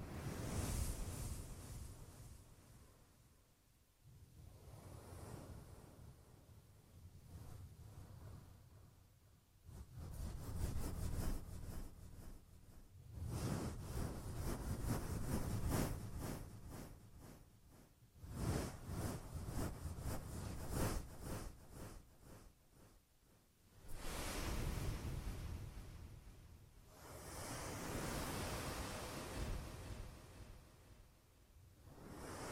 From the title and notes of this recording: Ear Massage.